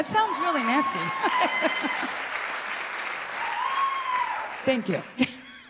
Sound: cheering

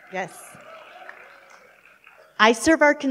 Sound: applause

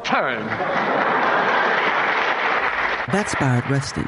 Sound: applause

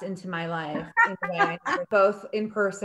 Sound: laughing

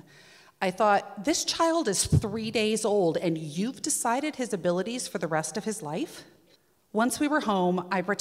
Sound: none

